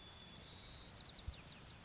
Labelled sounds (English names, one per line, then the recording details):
Chestnut-backed Chickadee
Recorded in Sonoma County, California